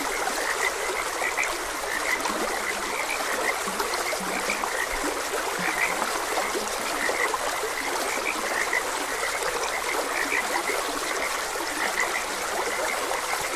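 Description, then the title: Several frogs croaking in overlapping bursts, some deeper croaks mixed in, above the unbroken sound of running water. Frogs croaking beside a gentle stream. "Gentle Stream and Frogs Croaking"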